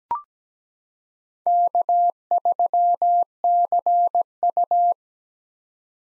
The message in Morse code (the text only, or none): K3CU